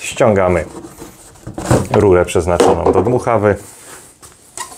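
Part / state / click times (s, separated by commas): collection bag element onto leaf blower/vacuum body / not seated / none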